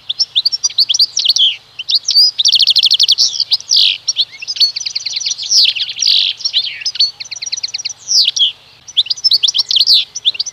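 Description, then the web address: European goldfinch in continuous, lively song: tumbling high twitters, buzzy trills and liquid chirps pouring out almost without a break for the whole stretch. "Kurs PTTK Przyroda Ptaki Szczygieł"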